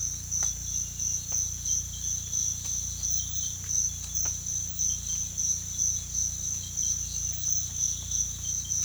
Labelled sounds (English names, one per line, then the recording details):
none
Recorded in pastures near Puerto Asís, Putumayo, Colombia, on 18 December 2024 at 05:00
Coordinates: 0.472, -76.331
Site GP02